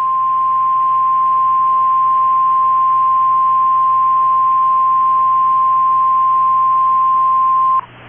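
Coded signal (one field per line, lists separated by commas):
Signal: Emergency Alert System (SAME) tones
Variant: 1050 Hz attention tone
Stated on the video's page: Recreation of an earlier EAS tornado warning.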